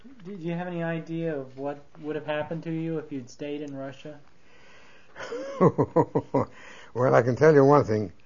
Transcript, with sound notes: Do you have any idea of what would have happened to you if you'd stayed in Russia?
(He laughs.) Well, I can tell you one thing.